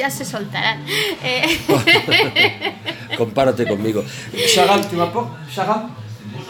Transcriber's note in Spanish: risas